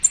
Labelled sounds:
American Redstart flight call

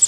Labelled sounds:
Pine Warbler flight call

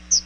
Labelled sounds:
Chestnut-sided Warbler flight call

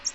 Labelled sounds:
American Redstart flight call

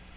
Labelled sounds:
Black-throated Green Warbler flight call

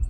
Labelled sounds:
Virginia's Warbler flight call

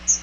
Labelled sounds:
Chestnut-sided Warbler flight call

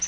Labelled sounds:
Yellow-rumped Warbler flight call

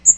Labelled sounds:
Magnolia Warbler flight call

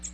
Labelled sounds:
American Redstart flight call

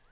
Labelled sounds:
Lucy's Warbler flight call

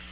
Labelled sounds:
Black-throated Blue Warbler flight call

